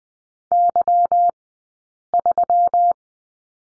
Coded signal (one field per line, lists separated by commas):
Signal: Morse code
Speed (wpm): 20 wpm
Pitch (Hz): 700 Hz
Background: none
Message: Y3